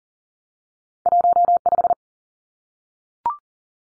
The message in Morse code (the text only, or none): 15